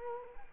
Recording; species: mosquito wingbeat signal from an infrared sensor; Culex quinquefasciatus